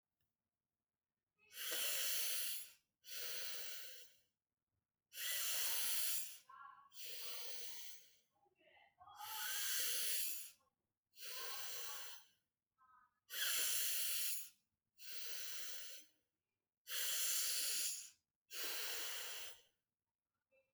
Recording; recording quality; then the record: deep breathing; excellent, no background noise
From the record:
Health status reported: healthy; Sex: male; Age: 38 years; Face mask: not worn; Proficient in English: yes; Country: India